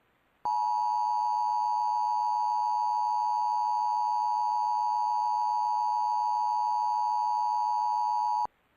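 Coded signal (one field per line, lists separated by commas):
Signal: Emergency Alert System (SAME) tones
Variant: 853 and 960 Hz attention tone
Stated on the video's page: Child abduction emergency EAS alert carried on a cable provider.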